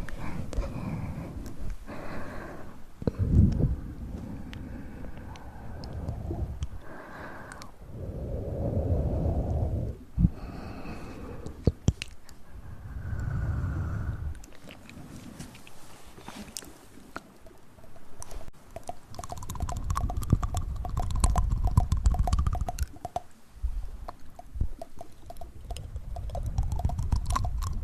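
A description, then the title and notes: Tapping and mouth sounds, with soft low breathy swells coming and going every few seconds between crisp clicks and sharp taps. The clicks scatter irregularly throughout, growing busier in the second half, where a faint hummed tone runs briefly around twenty seconds. Tap trigger and mouth sounds.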